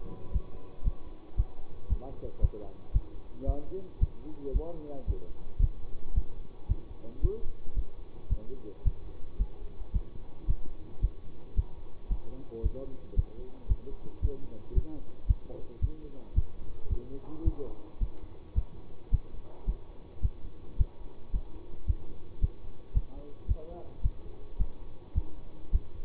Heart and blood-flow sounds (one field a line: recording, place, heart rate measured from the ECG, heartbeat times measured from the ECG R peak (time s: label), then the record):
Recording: heart sounds by stethoscope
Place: between the tricuspid and mitral areas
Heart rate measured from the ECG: 111 bpm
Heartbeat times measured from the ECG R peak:
0.33 s: heartbeat
0.85 s: heartbeat
1.37 s: heartbeat
1.90 s: heartbeat
2.42 s: heartbeat
2.94 s: heartbeat
3.47 s: heartbeat
4.00 s: heartbeat
4.54 s: heartbeat
5.07 s: heartbeat
5.61 s: heartbeat
6.15 s: heartbeat
6.69 s: heartbeat
7.22 s: heartbeat
7.76 s: heartbeat
8.30 s: heartbeat
8.85 s: heartbeat
9.39 s: heartbeat
9.93 s: heartbeat
10.48 s: heartbeat
11.02 s: heartbeat
11.56 s: heartbeat
12.10 s: heartbeat
12.63 s: heartbeat
13.16 s: heartbeat
13.69 s: heartbeat
14.22 s: heartbeat
14.75 s: heartbeat
15.28 s: heartbeat
15.81 s: heartbeat
16.35 s: heartbeat
16.90 s: heartbeat
17.45 s: heartbeat
18.00 s: heartbeat
18.55 s: heartbeat
19.11 s: heartbeat
19.67 s: heartbeat
20.22 s: heartbeat
20.78 s: heartbeat
21.33 s: heartbeat
21.87 s: heartbeat
22.41 s: heartbeat
22.94 s: heartbeat
23.48 s: heartbeat
24.03 s: heartbeat
24.59 s: heartbeat
25.15 s: heartbeat
25.72 s: heartbeat
From the record:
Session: bicycle stress test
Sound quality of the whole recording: good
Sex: male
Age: 24 years